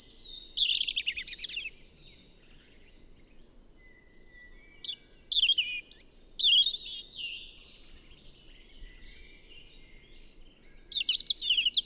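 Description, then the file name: European robin delivering short, high, liquid warbling phrases separated by pauses of a few seconds, each phrase a quick jumble of thin notes. "Erithacus rubecula"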